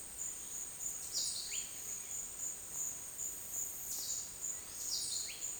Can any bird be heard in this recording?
yes